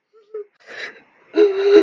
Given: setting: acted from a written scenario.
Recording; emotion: vocal sound without words; sadness